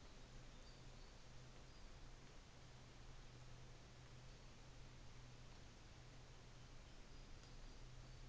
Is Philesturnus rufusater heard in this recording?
no